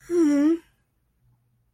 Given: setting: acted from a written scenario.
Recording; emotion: vocal sound without words; romantic love